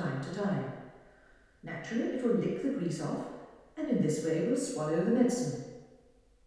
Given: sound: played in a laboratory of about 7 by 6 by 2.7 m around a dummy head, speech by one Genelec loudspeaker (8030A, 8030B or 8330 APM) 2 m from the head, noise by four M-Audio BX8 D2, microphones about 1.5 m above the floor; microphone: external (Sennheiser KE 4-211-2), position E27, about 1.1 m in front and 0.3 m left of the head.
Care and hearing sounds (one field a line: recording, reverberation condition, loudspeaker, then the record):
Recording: female speech in English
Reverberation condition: high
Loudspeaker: 90 degrees to the right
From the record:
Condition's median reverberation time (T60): about 1300 ms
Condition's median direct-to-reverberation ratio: about -4.0 dB